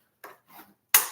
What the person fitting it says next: And that just snap locks into place.